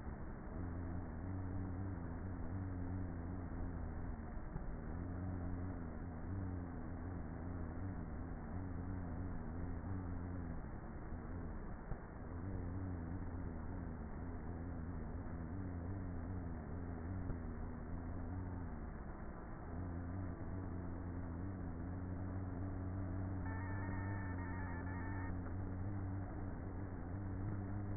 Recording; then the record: honeybee colony, microphone inside the hive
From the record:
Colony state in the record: queenless with a low population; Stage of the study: before two queens were removed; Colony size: about 30,000 bees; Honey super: no